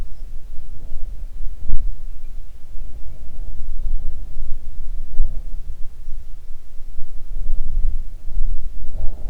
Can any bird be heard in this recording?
no